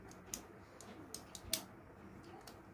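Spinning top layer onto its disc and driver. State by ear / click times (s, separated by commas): seated / 0.3 s, 0.8 s, 1.1 s, 1.4 s, 1.5 s, 2.5 s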